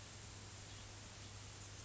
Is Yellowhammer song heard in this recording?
no